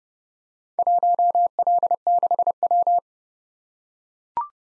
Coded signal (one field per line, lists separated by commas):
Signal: Morse code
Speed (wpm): 30 wpm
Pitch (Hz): 700 Hz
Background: none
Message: 1L6W